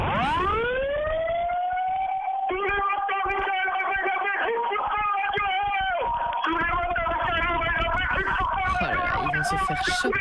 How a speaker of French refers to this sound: Allez, 3, 2, 1, un petit coup de sirène quand même.